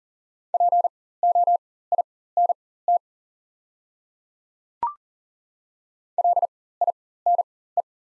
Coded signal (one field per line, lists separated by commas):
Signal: Morse code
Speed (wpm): 40 wpm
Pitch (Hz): 700 Hz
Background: none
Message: POINT LINE